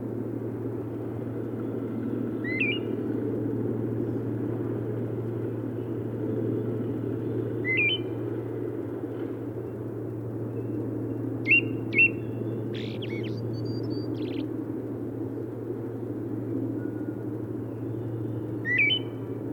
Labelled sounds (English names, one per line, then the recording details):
Eyebrowed Thrush song
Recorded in the wild
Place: Irkutsk, RU
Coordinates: 52.252, 104.546
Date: 1979-06-11
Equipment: Nagra III BH, Sennheiser MD 21, parabola
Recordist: Schubert, Michael